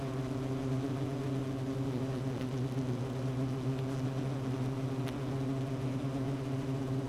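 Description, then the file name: Honey bee hum, a deep even colony drone with strong low tones, steady throughout, with a few faint clicks in the background. Queen bee in hive 1, recorded 12 June 2018 at 16:30. "Hive 1 12 06 2018 Queen Bee H 1"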